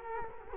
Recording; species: mosquito wingbeat signal from an infrared sensor; Culex quinquefasciatus